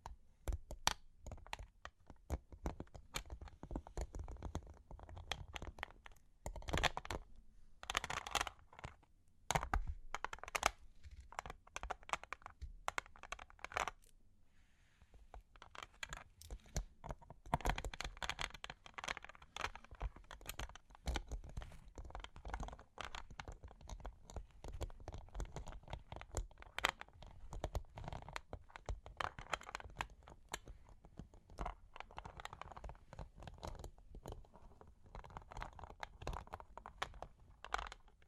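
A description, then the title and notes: Long claws tap and scratch in a dense, irregular stream of sharp clicks, like rapid typing, with bright scraping streaks between them. The tapping runs almost without pause for the full length, easing briefly around fifteen seconds before picking back up. Long Claws Tapping and Scratching (No Talking).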